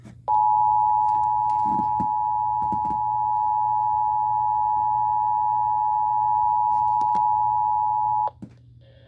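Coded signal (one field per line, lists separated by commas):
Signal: Emergency Alert System (SAME) tones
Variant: 853 and 960 Hz attention tone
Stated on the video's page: Tornado watch tones received on NOAA weather radio and on FM radio at 91.3 and 100.1 MHz.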